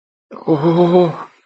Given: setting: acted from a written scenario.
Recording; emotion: vocal sound without words; distress